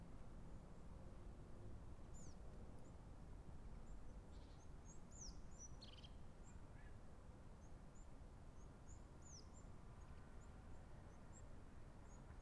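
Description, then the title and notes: European crested tit calls: thin, high descending notes and brief buzzy trills scattered among faint high ticking, over steady low background noise. Recorded in Montjuïc Cemetery, Barcelona, Spain, from an interior passage facing the Olympic ring. "Cementiri de Montjuic. herrerillo capuchino (Lophophanes cristatus)"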